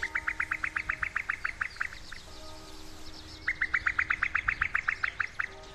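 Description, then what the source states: Common cuckoo female bubbling call: a fast run of many liquid, evenly pitched notes, a brief pause, then a second similar run. Female's bubbling cry, a sign that a female cuckoo is at large on the fen; Fenland.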